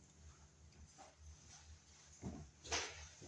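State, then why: Not seated. A plastic bushing is handled at the knockout of an electrical box extension, with faint low rumble, a dog audible in the background, and brief handling noises around 2.3 s and 2.7 s. Nothing has seated or clicked yet.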